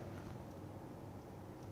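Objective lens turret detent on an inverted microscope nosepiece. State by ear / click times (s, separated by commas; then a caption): not seated / none. The nosepiece turret of an inverted microscope is rotated by hand, moving its objective lenses toward their detent positions in the light path. Only a steady, low-heavy broadband hum is heard, with no sharp transients. No objective has clicked into its detent yet.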